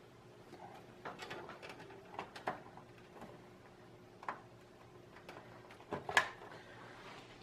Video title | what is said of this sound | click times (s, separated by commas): Beginners Guide to Wiring a PC Game Build - Step by Step Wiring Guide | connection clicks right in place now | 6.2 s